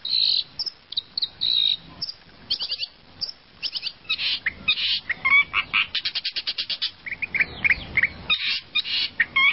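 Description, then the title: Bird song: rapid high chirps and short trills, bursts of quick repeated notes with occasional sharp whistled sweeps. "kikicau"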